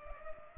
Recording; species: mosquito wingbeat signal from an infrared sensor; Culex pipiens